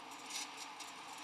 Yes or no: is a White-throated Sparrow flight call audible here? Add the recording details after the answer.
no. No flight call is heard. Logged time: 02:01 on 13 December 2014